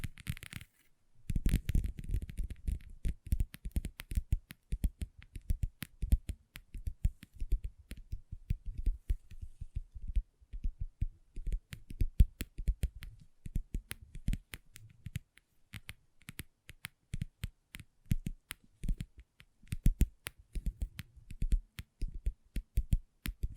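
Long nails tap and scratch on a table in quick, irregular clicks, dense throughout after a brief silence near the start.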